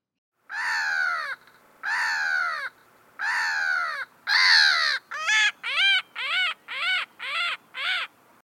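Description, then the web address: Black-headed Gull calls: four long, harsh, descending screeching notes, then seven shorter, arched squawks in quicker succession, over a quiet background. Seabird of the Year this year. "voegel-aber-cool lachmoewe"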